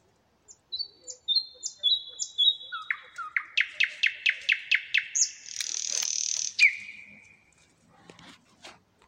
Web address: rossignol chant du rossignol a zhuravleva